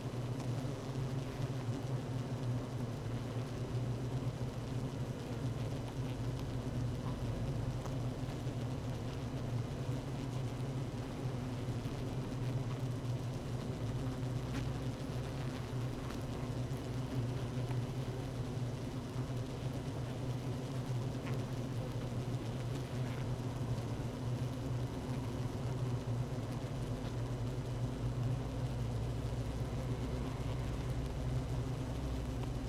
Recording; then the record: honeybee colony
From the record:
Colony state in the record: active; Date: 12 June 2018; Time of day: 16:53